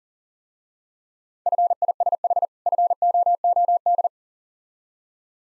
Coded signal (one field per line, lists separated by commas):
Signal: Morse code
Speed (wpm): 40 wpm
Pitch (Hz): 700 Hz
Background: none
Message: FISH FOOD